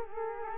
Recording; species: mosquito wingbeat signal from an infrared sensor; Culex quinquefasciatus